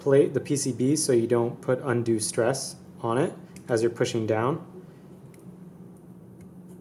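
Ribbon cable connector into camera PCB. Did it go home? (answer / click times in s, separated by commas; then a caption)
no / none. Someone talks while a ribbon cable connector is pushed down onto a camera PCB, with a fingernail bracing the plate so the board isn't stressed. After the talking only quiet background remains, and no click is heard. The connector has been unplugged and re-plugged several times, so it seats as a secure fit without clicking.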